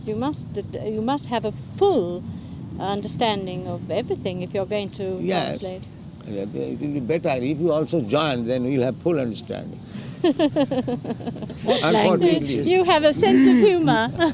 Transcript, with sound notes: you must, you must have a full understanding of everything if you're going to translate.
Yes. It will be better. If you also join, then we'll have full understanding. [mother laughs]
You have a sense of humor.